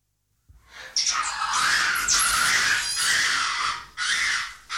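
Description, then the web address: Monkey bursts into a long, harsh scream after a short silence, sustained for about three seconds, then one more raspy shriek. "audio animali scimmie scimmie monkey"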